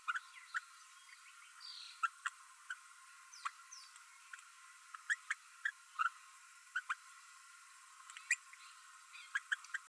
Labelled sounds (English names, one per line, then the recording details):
Green-rumped Parrotlet babbling
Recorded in a nest box in Venezuela
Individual 18B12A3